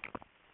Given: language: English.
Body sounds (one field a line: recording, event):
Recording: throat vibration sensor signal played as sound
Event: swallow